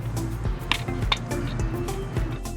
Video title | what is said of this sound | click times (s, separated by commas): How to Install and Hide LED Light Strips (Easy Installation) | you'll hear them click | 0.7 s, 1.1 s